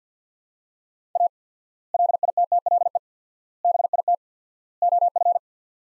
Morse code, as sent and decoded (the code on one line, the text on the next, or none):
.- / .-.. .. - - .-.. . / -... .. - / --- ..-.
A LITTLE BIT OF